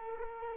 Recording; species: mosquito wingbeat signal from an infrared sensor; Culex quinquefasciatus